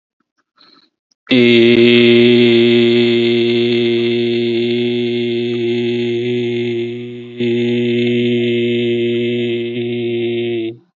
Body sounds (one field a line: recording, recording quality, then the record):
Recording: sustained vowel as in made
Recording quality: excellent, no background noise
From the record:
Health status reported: healthy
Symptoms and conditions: diabetes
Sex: male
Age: 48 years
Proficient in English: yes